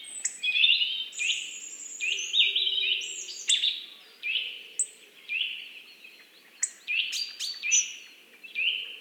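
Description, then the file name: Eurasian nuthatch calling with loud, ringing notes, some drawn into short trills, given in uneven bursts over a low background hum. "Sitta europaea"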